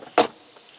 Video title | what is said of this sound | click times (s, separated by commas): LichtsinnRV.com - Winnebago Travato 59G Orientation | Alright, and then we just go close with the TV. Make sure that you hear the latch click, | 0.2 s